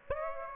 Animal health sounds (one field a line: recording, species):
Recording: mosquito wingbeat signal from an infrared sensor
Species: Aedes aegypti